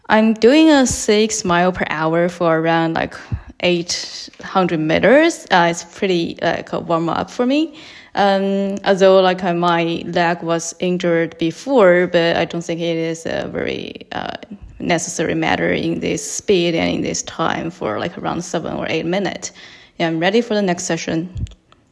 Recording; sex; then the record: free speech after running; female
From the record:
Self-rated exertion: very light exertion (1 of 6); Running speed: 6 miles an hour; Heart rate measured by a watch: 111 beats a minute at the start, 108 at the end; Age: 28 years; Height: 155 cm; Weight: 44 kg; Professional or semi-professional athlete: no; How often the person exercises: 3 to 5 times a week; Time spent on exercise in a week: over 5 hours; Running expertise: yes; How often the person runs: 3 to 5 times a week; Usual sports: running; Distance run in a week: 45 km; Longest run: 32 km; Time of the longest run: 200 minutes